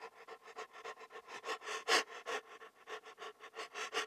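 Dog panting in rapid rhythmic breaths, roughly two to three per second, with one louder huff near the middle.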